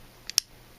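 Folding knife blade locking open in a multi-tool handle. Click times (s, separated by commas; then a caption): 0.4 s. The knife blade of a Leatherman Wingman multi-tool is swung open in its handle, with a faint tick at 0.3 s followed by a sharp metallic click at 0.4 s as the liner/back lock engages. The blade seats and locks into place with a positive, tight lock.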